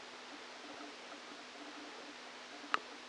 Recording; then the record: brain microelectrode recording played as sound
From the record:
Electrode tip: outside the subthalamic nucleus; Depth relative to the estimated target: -10 mm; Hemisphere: right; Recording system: NeuroSet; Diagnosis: Parkinson's disease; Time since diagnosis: 13 years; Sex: male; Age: 49 years